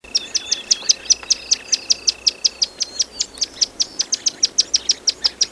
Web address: naturesongs verdin